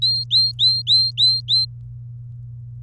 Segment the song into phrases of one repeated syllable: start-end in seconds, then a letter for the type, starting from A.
0.02-1.65 A